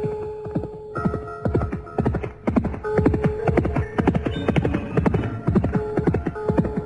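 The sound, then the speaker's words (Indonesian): Rapid hoofbeats pound in a steady galloping rhythm, with a horse's high whinny breaking through near the start before the drumming hooves carry on loudly to the end. The horse is being ridden hard by Kameswara, who grips its reins tightly, shortly after leaving the area of Palwa Sambu. “Namun belum terlalu jauh Kameswara meninggalkan wilayah Palwa Sambu ketika tangannya kuat-kuat memegang kendali kuda yang dipacunya.”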